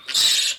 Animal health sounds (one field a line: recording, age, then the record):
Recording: pig call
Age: piglet (1 to 25 days)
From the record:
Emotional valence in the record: negative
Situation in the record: castration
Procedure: castration, cut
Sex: male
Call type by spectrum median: high-frequency call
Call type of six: high-frequency modulated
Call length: 0.59 s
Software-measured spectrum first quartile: 3702 Hz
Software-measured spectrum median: 4575 Hz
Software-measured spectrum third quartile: 6622 Hz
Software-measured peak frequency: 3891 Hz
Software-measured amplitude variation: 151 dB a second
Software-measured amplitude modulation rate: 21.2 a second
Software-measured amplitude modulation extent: 7.1 dB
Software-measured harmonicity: 2.0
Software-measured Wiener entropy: -2.02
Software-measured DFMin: 1087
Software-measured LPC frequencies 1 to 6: 1818, 2775, 3853, 5211, 6968, 7703 Hz